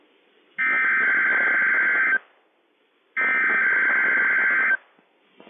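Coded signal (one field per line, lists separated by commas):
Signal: Emergency Alert System (SAME) tones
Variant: header bursts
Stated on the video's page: National Weather Service Required Weekly Test on NOAA weather radio, taken from a Broadcastify stream archive, with static and a quieted 1050 Hz tone.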